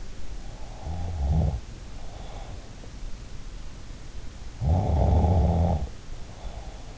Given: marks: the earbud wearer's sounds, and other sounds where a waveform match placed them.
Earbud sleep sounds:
sounds in sleep by an in-ear microphone; snoring breath
0.48-2.94 s: snoring breath
4.56-6.98 s: snoring breath

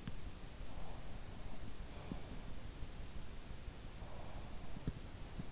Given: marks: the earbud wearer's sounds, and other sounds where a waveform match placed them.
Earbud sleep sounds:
sounds in sleep by an in-ear microphone; breath
0.00-1.82 s: breath
3.63-5.49 s: breath

